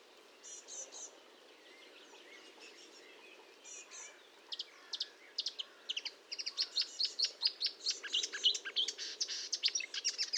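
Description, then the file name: Marsh warbler song, a varied run of fast chirps and buzzy notes that starts soft and grows louder and denser toward the end. Recorded 1 June 2022 at 10:55 at Fontaine-Française (Fourneau), using Nagra and Telinga equipment. "Rousserolle verderolle 20220601 1055 Fontaine-Francaise-Fourneau-Nagra-Telinga"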